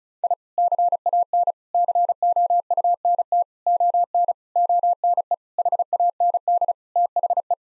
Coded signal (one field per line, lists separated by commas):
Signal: Morse code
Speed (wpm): 36 wpm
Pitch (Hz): 700 Hz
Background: none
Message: I CAN COUNT ON ONE HAND THE